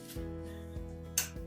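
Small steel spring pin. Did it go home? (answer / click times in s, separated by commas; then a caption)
yes / 1.2 s. An arm is attached to a Morecare EasyLift transfer chair, and the spring-loaded quick release locking pin drops into its hole in the arm mount. A sharp click at 1.2 s marks the pin locking into place on its own, over a steady low background hum. The pin is confirmed seated.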